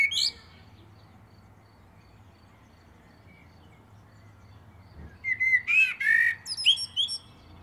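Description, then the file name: Common blackbird singing a clear, warbling whistled phrase with shrill twittering accents after a mostly quiet stretch that opens with a brief high note. "Turdus merula"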